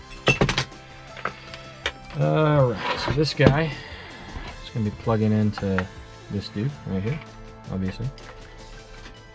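A multi-pin plastic wiring harness connector is handled at the back of a vehicle accessory switch panel, with short clicks and taps around 0.4 to 0.6 s and near 1.3 s and 1.9 s while someone talks. The connector is only being handled, and nothing has seated or clicked into place yet.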